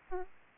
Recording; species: mosquito wingbeat signal from an infrared sensor; Aedes albopictus